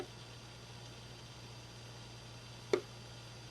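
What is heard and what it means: A self-tapping screw in the plastic housing of a TP-Link TL-PA511KIT AV500 powerline adapter is turned counterclockwise until it drops into its original thread, so that it can then be driven clockwise without cross-threading or stripping the plastic. Over a quiet, steady low hum, a single short, sharp snap is heard at 2.7 s as the screw seats in the existing thread.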